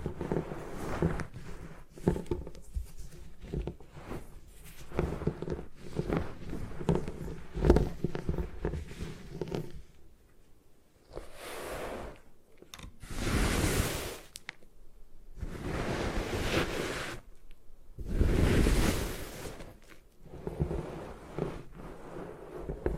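Gym chalk being destroyed: for the first ten seconds, dense, irregular crunching and crumbling with quick overlapping cracks. After a brief lull, four longer hissing, grinding bursts of about a second each swell and fade, separated by short silences.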